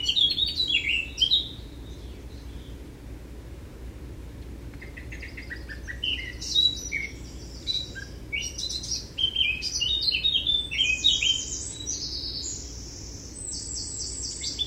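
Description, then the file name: Eurasian blackcap singing in separate bursts: a brief scratchy phrase at the start, a pause, then long rich warbling runs of mixed high and mid notes. "Sylvia atricapilla"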